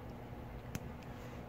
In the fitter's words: actually hear a snap and now it's snapped in there and it's not coming out either side so